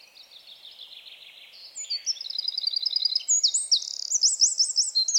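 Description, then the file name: Eurasian wren song, a quiet high warble that bursts into loud, rapid, metallic trills and rattles, climbing higher toward the end. "Troglodytes troglodytes"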